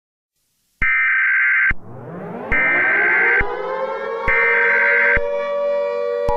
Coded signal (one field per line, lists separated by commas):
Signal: Emergency Alert System (SAME) tones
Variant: header bursts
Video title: EAS scenario #1: The doom Rig